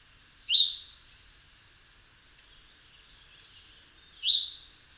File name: Passer domesticus